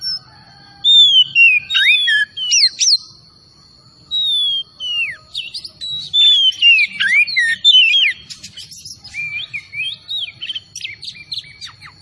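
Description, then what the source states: Oriental magpie-robin song with loud, clear whistles that swoop down and up, broken by short pauses, then faster twittering phrases. Tretes kacer singing vigorously (gacor).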